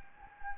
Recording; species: mosquito wingbeat signal from an infrared sensor; Anopheles gambiae